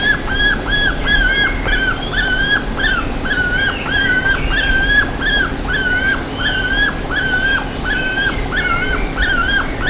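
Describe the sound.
Bird calling: many short, even whistles with drooping ends in a dense run for the whole stretch, plus thin high chirps and a faint hum.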